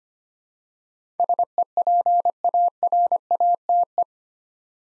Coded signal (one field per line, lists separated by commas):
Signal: Morse code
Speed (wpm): 25 wpm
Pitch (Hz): 700 Hz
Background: none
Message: SEPARATE